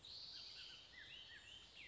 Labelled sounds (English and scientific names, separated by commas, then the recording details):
Bullock's Oriole (Icterus bullockii)
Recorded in Sonoma County, California